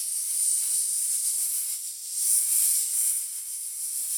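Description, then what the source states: Snake giving a sustained sharp hiss, airy and bright, with slight rises and dips in loudness. Snakes in a snake pit.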